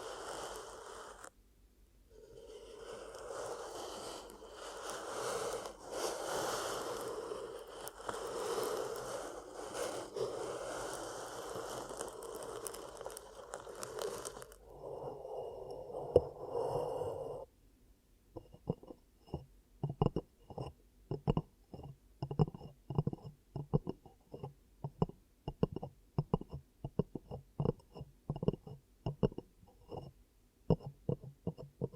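Ear cupping triggers: for the first fifteen seconds a dense, muffled rushing sound with a brief gap near two seconds, then a quieter stretch. From about eighteen seconds it switches to quick, irregular hollow pats and thumps, rapid and fairly low, with short silences between.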